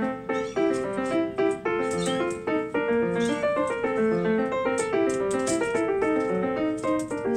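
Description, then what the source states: Domestic cat: kitten meows come thick and fast, plaintive cries overlapping almost without pause. Several new kittens playing together; one of them is to be adopted.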